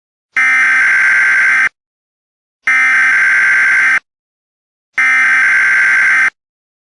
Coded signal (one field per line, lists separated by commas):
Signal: Emergency Alert System (SAME) tones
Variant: header bursts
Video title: EAS Scenario: Pinewood Builders Computer Core